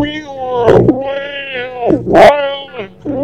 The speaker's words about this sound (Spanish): tú participaste desde ellos, por ejemplo, con algunos de los audios que iniciaron en 2005 la puesta en marcha de la web, ¿no? Como son, pues no sé, este morph de una voz de gato.